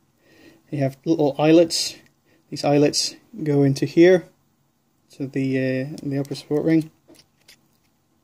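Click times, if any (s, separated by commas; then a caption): none. Someone talks while a plastic upper support ring is fitted onto a direct-injection fuel injector from a 2.0 TFSI engine during an injector seal overhaul, with its little eyelets engaging the radial compensation ring. Only a few faint, short handling ticks are heard near the end, around 7.2 to 7.5 seconds. Nothing has seated or clicked into place yet.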